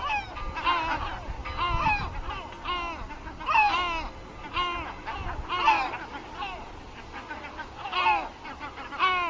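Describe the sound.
Great black-backed gull calls, harmonic honking notes that rise and fall, repeated in bursts, with a low rumbling background.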